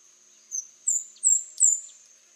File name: Speckled spinetail